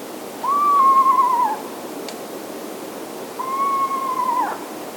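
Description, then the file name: Eastern Screech Owl whistling two similar notes, each held level and then falling briefly at the end, about three seconds apart. "Eastern Screech Owl - Megascops asio"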